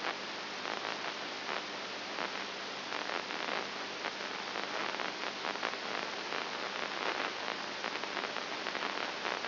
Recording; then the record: brain microelectrode recording played as sound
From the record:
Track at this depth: inside the subthalamic nucleus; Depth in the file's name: 5.9 mm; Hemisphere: right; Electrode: 2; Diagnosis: Parkinson's disease